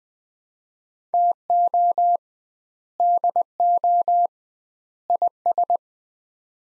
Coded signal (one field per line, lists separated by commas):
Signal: Morse code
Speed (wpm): 20 wpm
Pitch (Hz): 700 Hz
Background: none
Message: TO DO IS